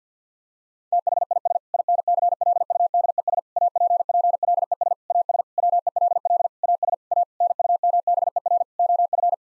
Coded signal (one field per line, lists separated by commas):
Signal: Morse code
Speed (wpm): 50 wpm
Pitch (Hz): 700 Hz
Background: none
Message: THIS INCLUDES APPLES AS WELL AS A NUMBER OF